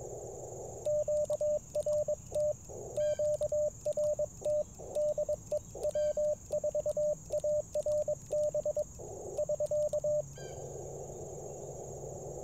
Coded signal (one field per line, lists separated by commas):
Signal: Morse code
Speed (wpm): 22 wpm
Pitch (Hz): 600 Hz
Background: radio noise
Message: QRT QRT DE W4ARB <SK>